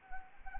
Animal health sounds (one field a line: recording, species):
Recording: mosquito wingbeat signal from an infrared sensor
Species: Anopheles gambiae